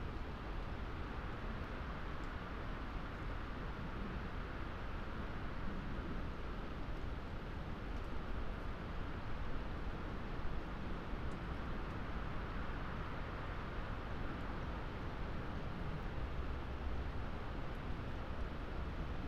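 Winter gales roar through tall trees on a moor, a dense, steady rushing that fills the low and middle range without pause. The loudness barely shifts over the nineteen seconds, with only slight surges and a few faint ticks high above the roar.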